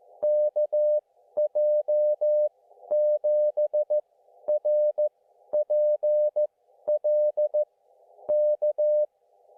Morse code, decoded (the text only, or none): KJ7RPL K